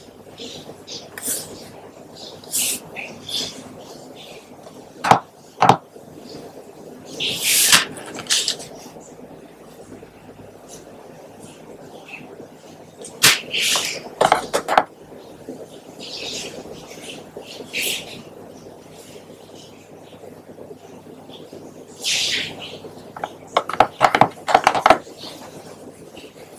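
A pen scratches across paper in short bursts, with sharp taps and clicks scattered throughout. Brief scribbling strokes come in clusters near 1–3, 7–8, 13–15 and 22–25 seconds, broken by sudden sharp knocks. A low, steady hum sits underneath.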